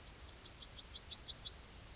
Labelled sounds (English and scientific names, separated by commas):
Yellowhammer (Emberiza citrinella) song